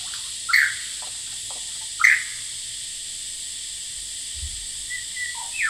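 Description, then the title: Superb lyrebird song with two loud sharp whistled notes about one and a half seconds apart, then softer slurred whistles, beneath a continuous cicada drone. Male, calling very actively outside a window, Horsfield Bay, New South Wales, Australia, 23 January 2017; loud cicadas present; recording noise-reduced. "Lyrebird - Horsfield Bay NSW, Jan 23 2017"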